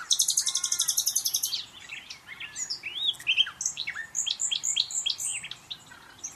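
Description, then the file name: Common nightingale song opening with a fast, high, rapidly repeated note series, then switching to varied whistled and chirping phrases. "Luscinia megarhynchos"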